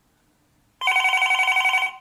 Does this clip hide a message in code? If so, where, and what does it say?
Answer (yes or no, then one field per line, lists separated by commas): no